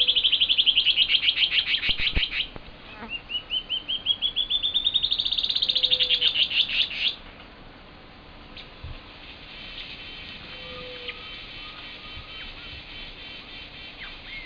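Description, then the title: Band-tailed antbird: one accelerating note series ends, then another begins, climbing and quickening to a dense trill before stopping; faint background calls follow. "LuckyPassaro Completos2Sama. Band-tailed Antbird (Hypocnemoides maculicauda)"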